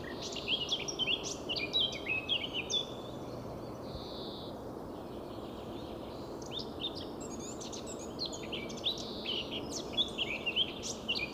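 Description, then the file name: Eurasian blackcap warbling song in several phrases of scratchy chatter and pure whistles, one drawn-out steady note near the middle, over persistent hiss. "Sylvia atricapilla"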